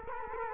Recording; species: mosquito wingbeat signal from an infrared sensor; Culex quinquefasciatus